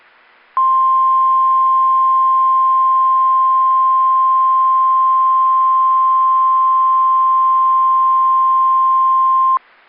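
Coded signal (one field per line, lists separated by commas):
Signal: Emergency Alert System (SAME) tones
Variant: 1050 Hz attention tone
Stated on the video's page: Required weekly test from NOAA Weather Radio station on 162.500 MHz, transmitter in Holland, Ohio, Cleveland forecast office.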